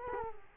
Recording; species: mosquito wingbeat signal from an infrared sensor; Culex quinquefasciatus